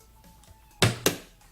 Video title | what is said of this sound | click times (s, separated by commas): Asus ROG Maximus XI Hero EPIC PC Build!!! | click and then it's gonna click right in this right in the place okay | 0.8 s, 1.1 s